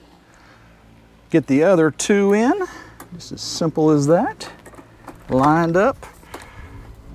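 While an RV camper awning canopy is being replaced, a pop rivet is lined up to fasten the aluminum awning end cap to the roller tube with a hand rivet gun. Someone talks over light handling noises. Nothing has set or snapped yet; the rivet is not home and the mandrel has not broken off.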